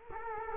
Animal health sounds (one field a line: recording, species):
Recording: mosquito wingbeat signal from an infrared sensor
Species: Culex quinquefasciatus